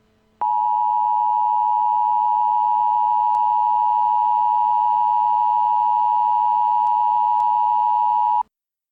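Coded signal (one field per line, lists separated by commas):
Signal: Emergency Alert System (SAME) tones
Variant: 853 and 960 Hz attention tone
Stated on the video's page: Fictional EAS scenario in which a pulsar passes Earth.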